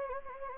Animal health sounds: mosquito wingbeat signal from an infrared sensor; Anopheles gambiae

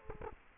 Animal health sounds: mosquito wingbeat signal from an infrared sensor; Culex quinquefasciatus

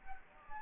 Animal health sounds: mosquito wingbeat signal from an infrared sensor; Anopheles gambiae

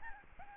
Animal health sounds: mosquito wingbeat signal from an infrared sensor; Aedes albopictus

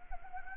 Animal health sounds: mosquito wingbeat signal from an infrared sensor; Anopheles arabiensis

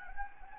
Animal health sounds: mosquito wingbeat signal from an infrared sensor; Anopheles gambiae

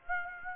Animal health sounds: mosquito wingbeat signal from an infrared sensor; Aedes aegypti

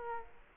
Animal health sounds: mosquito wingbeat signal from an infrared sensor; Culex quinquefasciatus

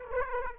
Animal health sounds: mosquito wingbeat signal from an infrared sensor; Aedes aegypti

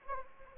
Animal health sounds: mosquito wingbeat signal from an infrared sensor; Anopheles arabiensis

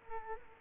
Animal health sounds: mosquito wingbeat signal from an infrared sensor; Culex quinquefasciatus

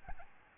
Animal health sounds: mosquito wingbeat signal from an infrared sensor; Aedes albopictus

